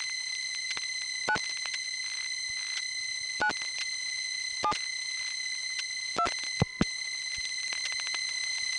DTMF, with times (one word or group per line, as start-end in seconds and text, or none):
1.3-1.4 9
3.4-3.5 9
4.6-4.7 7
6.2-6.3 2